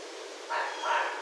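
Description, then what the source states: Red fox uttering a short pair of rough, raspy barks, the second a little louder, against a faint hissing background. Recorded on 16 January 2012.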